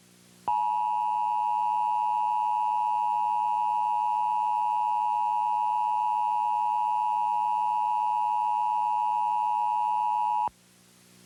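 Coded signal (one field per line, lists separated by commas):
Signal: Emergency Alert System (SAME) tones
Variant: 853 and 960 Hz attention tone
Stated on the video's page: Mock alert for fictional nuclear terrorism, not a real activation.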